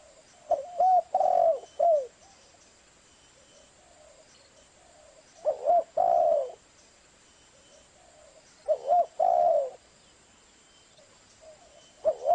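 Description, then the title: Spotted dove giving mellow hooting phrases, two quick coos then a long sustained one, repeated with pauses of a few seconds. Mastering recording for training cage birds; clear quality. "SUARA BURUNG DERKUKU MASTERAN BURUNG SUARA DERKUKU KUALITAS JERNIH Vubey"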